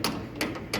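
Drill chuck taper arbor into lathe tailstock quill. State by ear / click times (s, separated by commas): not seated / none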